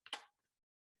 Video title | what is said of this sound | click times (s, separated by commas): March 2021: Early Amputee Rehabilitation, Part 2: To Walk or Not to Walk | 4 till it clicks. | 0.1 s